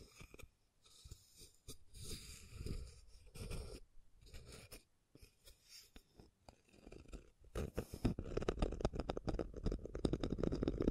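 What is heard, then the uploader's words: Scratching and tracing sounds, in irregular bursts of rough scraping with short silent gaps between strokes. The first half has separate gritty passes and brief pauses; after about eight seconds the scratching becomes denser and more continuous, with rapid crackling clicks and a heavier low rumble. ASMR Brain Tingling Scratching & Tracing (No Talking).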